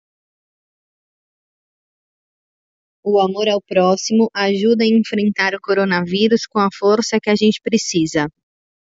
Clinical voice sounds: spoken sentence; Brazilian Portuguese; female; 30 to 39 years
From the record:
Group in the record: control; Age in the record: 39 years

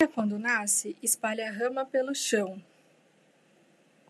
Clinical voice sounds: short text; Brazilian Portuguese; female; 30 to 39 years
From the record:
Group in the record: control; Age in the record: 35 years

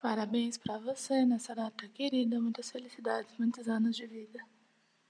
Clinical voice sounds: short text; Brazilian Portuguese; female; 20 to 29 years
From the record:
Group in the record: control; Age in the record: 28 years

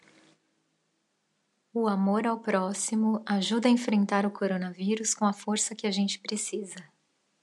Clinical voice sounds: spoken sentence; Brazilian Portuguese; female; 30 to 39 years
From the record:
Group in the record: control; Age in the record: 39 years

